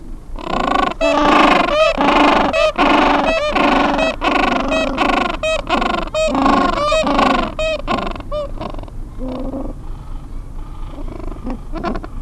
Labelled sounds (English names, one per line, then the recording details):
Gentoo Penguin
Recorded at the colony at Yankee Harbour, Antarctica, on 7 December 2015
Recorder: Song Meter SM2+